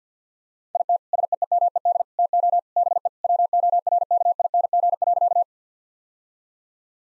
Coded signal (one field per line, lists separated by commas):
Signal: Morse code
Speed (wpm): 50 wpm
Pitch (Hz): 700 Hz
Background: none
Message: IT SEEMED TO BE WORKING.